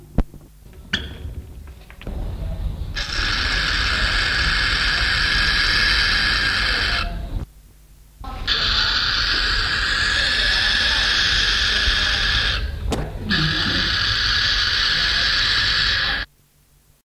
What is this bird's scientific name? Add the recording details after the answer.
Athene cunicularia. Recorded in captivity. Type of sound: call. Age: immature. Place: Zoo Bremerhaven, Bremen, DE. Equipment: Halbspur, 9,5 cm/s. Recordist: Lütgens, Hans. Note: Junge gereizt, weil Hand vor Schnabel gehalten wird